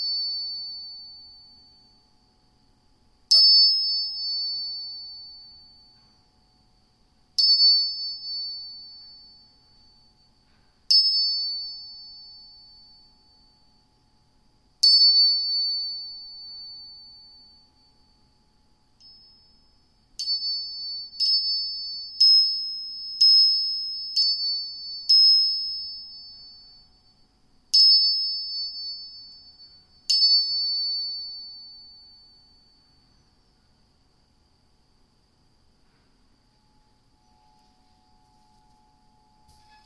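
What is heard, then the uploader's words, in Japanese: Two tuning forks are struck again and again, each strike a sharp metallic tap that blooms into a pure, bright ringing tone fading over a few seconds. Strikes come every few seconds, bunching into a quicker run near the middle, with silence between. 音叉チューニング2本。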